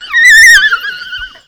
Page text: Animal African Wild Dog Yelping. Wild Dogs in a zoo habitat